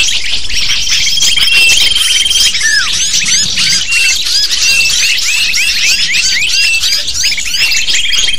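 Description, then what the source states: Lovebird chatter of quick, shrill chirps layered over many other chirping birds in a constant noisy flock. Lure used to attract lovebirds.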